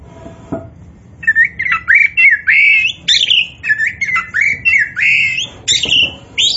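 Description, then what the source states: Oriental magpie-robin giving rich whistled notes, many rising or falling, in a lively repeated sequence after a short click. Kacer poci type of Oriental magpie-robin, singing in gacor style (vigorous, continuous song).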